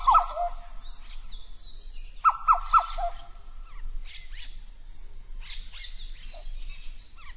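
Oropendola-type liquid gurgling calls in two short bursts of rising, slurred notes, with faint high twittering from other birds behind.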